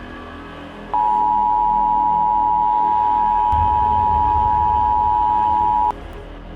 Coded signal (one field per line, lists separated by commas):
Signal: Emergency Alert System (SAME) tones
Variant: 853 and 960 Hz attention tone